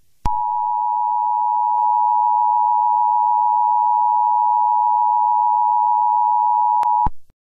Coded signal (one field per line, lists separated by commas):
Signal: Emergency Alert System (SAME) tones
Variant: 853 and 960 Hz attention tone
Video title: EAS Scenario: The Alternates